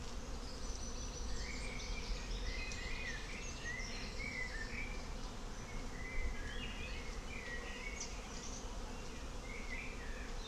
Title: Klettenstieg, Rahlstedt, Wandsbek, Hamburg, 22143, Deutschland - Bienen und Vögel im Wald - im Mai